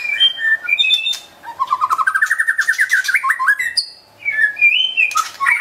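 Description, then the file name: White-rumped shama singing a long stuttering series of rising whistled notes that climb steadily, framed by loud clear whistles and brief harsh clicks. Wild bird from a forest in Medan, singing actively (gacor). "suara burung murai batu hutan medan gacor"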